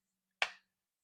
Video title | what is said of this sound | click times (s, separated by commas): How to make a Kydex Sheath | Get that nice click. | 0.4 s